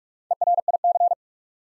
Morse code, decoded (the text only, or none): ERIC